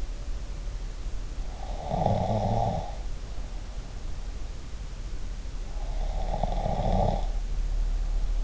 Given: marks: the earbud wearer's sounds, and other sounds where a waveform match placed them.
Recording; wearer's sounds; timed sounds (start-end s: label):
sounds in sleep by an in-ear microphone; snoring breath
1.66-4.00 s: snoring breath
5.79-8.44 s: snoring breath